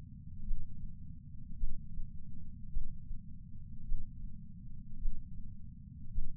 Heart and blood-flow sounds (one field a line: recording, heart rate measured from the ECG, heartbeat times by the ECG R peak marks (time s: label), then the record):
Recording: heart sounds by patch sensor on the chest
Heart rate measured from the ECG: 53 bpm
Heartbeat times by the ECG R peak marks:
0.43 s: heartbeat
1.56 s: heartbeat
2.69 s: heartbeat
3.84 s: heartbeat
4.97 s: heartbeat
6.11 s: heartbeat
From the record:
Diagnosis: coronary artery disease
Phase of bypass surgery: intraoperative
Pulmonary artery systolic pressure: 22 mmHg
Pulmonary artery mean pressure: 14 mmHg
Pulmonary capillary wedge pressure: 10 mmHg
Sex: male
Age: 75 years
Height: 167 cm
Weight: 58 kg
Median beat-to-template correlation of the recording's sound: 0.95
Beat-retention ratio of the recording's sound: 0.99